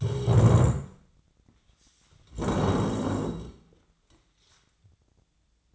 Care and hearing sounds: daily activity, microphone in the room; stand up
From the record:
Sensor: 3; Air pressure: 1012.2 hPa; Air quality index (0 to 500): 172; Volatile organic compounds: 3 ppm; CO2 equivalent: 1320 ppm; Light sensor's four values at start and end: 54/141/61/64 and 100/210/108/119

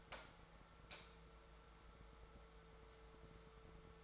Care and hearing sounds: daily activity, microphone in the room; light on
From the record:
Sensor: 3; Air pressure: 1014.5 hPa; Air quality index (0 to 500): 181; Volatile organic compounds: 19 ppm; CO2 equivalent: 2648 ppm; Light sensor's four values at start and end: 13/33/13/14 and 15/40/16/16

